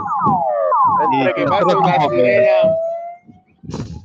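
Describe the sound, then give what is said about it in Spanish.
A siren wails past with sweeping, falling pitch, fairly loud, tangled with overlapping voices that keep talking over it before it fades out. “Entre que pase una sirena y te escucho doble.”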